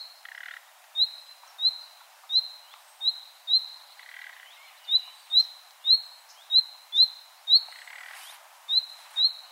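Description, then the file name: Common nightingale giving steady upslurred whistled calls, with occasional low rasping croaks between series. "Luscinia megarhynchos"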